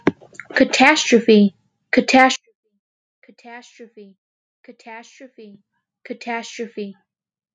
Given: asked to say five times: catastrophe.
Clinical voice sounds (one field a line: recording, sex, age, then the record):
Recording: repeated word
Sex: male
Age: 20 to 29 years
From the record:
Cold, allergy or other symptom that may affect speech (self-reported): no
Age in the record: 21 years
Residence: Indiana, United States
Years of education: 13